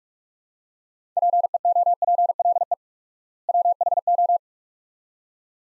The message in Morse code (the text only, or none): PEOPLE WHO